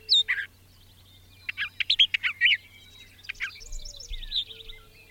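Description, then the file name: Brown thrasher song with a harsh note, then a cluster of rough, clipped notes, followed by a buzzy, wavering trill, over a faint low hum. "suara-kicauan-brown-thraser omkicau"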